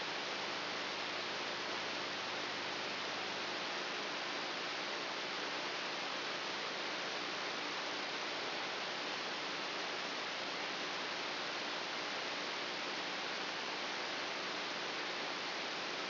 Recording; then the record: brain microelectrode recording played as sound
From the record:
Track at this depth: inside the subthalamic nucleus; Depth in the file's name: 3.002 mm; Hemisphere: right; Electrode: 3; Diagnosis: Parkinson's disease